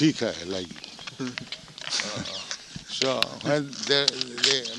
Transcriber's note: laugh